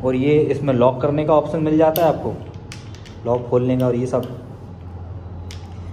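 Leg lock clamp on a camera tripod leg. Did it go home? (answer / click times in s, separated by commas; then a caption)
yes / 5.5 s. Someone talks, then the leg lock clamp on an extended leg of a Digitek DTR 520 BH camera tripod is closed. A sharp, short click sounds at 5.5 s as the lock snaps shut and the leg is locked.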